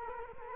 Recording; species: mosquito wingbeat signal from an infrared sensor; Culex quinquefasciatus